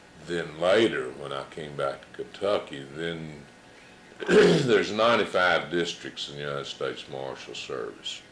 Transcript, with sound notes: Then later, when I came back to Kentucky, then [clears throat] there's ninety-five districts in United States Marshal Service.